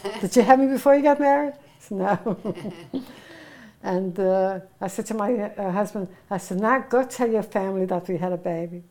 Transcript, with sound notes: did you had me before you got married?" No. [Laughs] And I said to my husband, I said, "Mac, go tell your family that we had a baby."